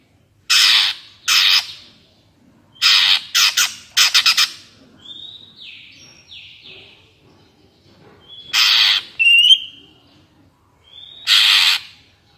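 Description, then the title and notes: Greater green leafbird alternates loud harsh rasping bursts with short falling whistles, a quick run of grating notes in the middle. Bird singing vigorously (gacor) in ngentrok style with crest raised, described as melodious; recording meant as a master track for training captive greater green leafbirds. "Cucak Ijo Gacor Ngentrok Jambul Nembak. suara burung cucak ijo gacor, merdu cocok buat masteran burung cucak ijo"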